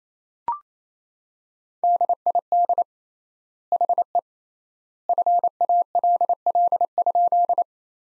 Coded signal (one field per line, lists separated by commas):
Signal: Morse code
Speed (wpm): 27 wpm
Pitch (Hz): 700 Hz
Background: none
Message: DID HE FALL?